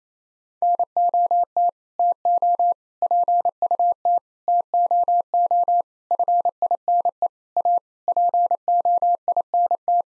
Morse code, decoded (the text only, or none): NOT TO PUT TOO FINE A POINT